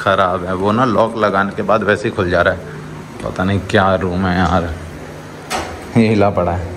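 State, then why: Not seated. Someone talks while handling the lock latch of a hotel room door, which goes into the door frame; the lock is faulty and comes open again after being locked. Nothing has seated or clicked yet.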